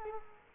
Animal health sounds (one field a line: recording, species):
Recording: mosquito wingbeat signal from an infrared sensor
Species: Culex quinquefasciatus